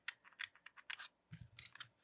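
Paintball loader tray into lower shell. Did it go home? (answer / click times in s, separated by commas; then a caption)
no / none. The nylon feed tray of an HK Army Sonic paintball loader is handled back into its lower shell, with its front nose going under the front clip before the parts are pushed together. Bright, clicky plastic taps and scrapes are heard, with sharp ticks at 0.1, 0.4 and 0.9 seconds, followed after 1.3 seconds by lower, rumbling handling noise. Nothing has seated or clicked yet by the end of the clip.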